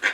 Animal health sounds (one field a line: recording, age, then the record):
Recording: pig call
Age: piglet (1 to 25 days)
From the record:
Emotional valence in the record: negative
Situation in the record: missed nursing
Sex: male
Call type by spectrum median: low-frequency call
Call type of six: low-frequency modulated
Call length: 0.14 s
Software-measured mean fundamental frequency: 114 Hz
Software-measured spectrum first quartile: 1561 Hz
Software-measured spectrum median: 1883 Hz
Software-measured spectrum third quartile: 2458 Hz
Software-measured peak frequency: 1589 Hz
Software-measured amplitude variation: 170 dB a second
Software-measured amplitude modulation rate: 3.7 a second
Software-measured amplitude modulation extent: 46.3 dB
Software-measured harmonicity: 2.2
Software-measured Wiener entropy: -1.29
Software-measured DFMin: 980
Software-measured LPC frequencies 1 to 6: 818, 1603, 2003, 3373, 4944, 6185 Hz